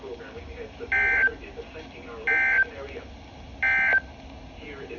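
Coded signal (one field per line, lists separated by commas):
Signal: Emergency Alert System (SAME) tones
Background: speech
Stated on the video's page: Received on NOAA weather radio transmitters in Columbus and Butler, Ohio, two stations relaying the same warnings.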